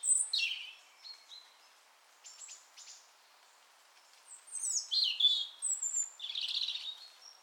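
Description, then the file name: European robin song: scattered high whistles and short twittering notes, then a louder run of descending warbles. "Erithacus rubecula"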